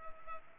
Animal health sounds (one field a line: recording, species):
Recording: mosquito wingbeat signal from an infrared sensor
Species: Culex pipiens